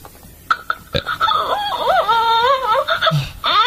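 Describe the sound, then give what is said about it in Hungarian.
A few sharp clicks, then a toy crying doll lets out a wavering, whiny baby wail that rises and falls for a couple of seconds before cutting off. “Tehát így sír a baba.”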